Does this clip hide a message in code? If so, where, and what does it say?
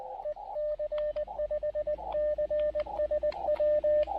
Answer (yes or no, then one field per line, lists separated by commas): yes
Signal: Morse code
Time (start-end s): 0.3-4.0 s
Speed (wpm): 20 wpm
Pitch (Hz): 600 Hz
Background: radio noise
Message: EC5CSW